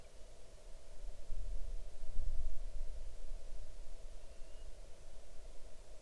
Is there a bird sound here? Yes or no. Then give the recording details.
yes. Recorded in the Arctic National Wildlife Refuge, Alaska, on 6 July 2019 at 00:36. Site 39